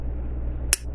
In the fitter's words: hear it snap into place this thing will never open by accident